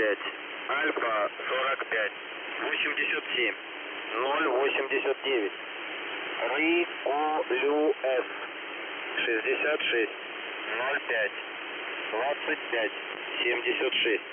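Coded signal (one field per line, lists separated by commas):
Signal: coded military voice message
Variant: Russian, The Squeaky Wheel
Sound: a voice reading short words and number groups over a narrow, hissy radio channel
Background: radio static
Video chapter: 00:55 позывной 00:59 сообщение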